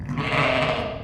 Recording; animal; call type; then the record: contact call of a hoofed animal; sheep; low-frequency (closed-mouth) or high-frequency (open-mouth) call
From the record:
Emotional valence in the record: negative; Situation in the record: short social isolation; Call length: 1.04 s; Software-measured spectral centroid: 1860 Hz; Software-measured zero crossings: 2070 a second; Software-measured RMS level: -24 dBFS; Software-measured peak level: -9 dBFS